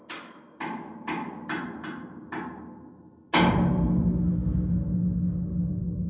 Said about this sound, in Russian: Он опустился на колени, приставил долото к замочной скважине под стальной ручкой и принялся бить. Размеренно, сильно, будто кузнец, кующий клинок. Потом все быстрее, со злостью иступленно, а затем успокоившись, снова размеренно.